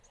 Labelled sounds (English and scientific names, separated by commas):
Lucy's Warbler (Leiothlypis luciae) flight call